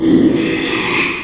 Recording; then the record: squeal of a Yucatan mini pig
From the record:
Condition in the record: after surgery on the right vocal fold (resection and tissue-engineered implant); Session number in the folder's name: 1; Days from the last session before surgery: 6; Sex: male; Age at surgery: 12 weeks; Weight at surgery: 13 kg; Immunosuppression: cyclosporine, prednisolone